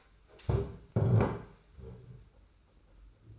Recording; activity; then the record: daily activity, microphone in the room; stand up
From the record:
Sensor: 2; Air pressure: 991.5 hPa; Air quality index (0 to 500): 182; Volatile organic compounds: 1000 ppm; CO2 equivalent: 5917 ppm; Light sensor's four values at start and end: 28/87/34/32 and 25/81/32/30